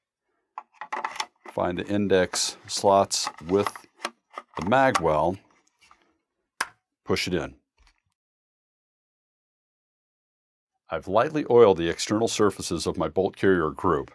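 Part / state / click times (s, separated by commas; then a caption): trigger pack into bullpup rifle stock / seated / 6.6 s. A trigger pack is lined up with the index slots at the magazine well and pushed home into the stock of a Springfield Hellion bullpup rifle while someone talks. A single sharp, loud knock at 6.6 s marks it seating in place.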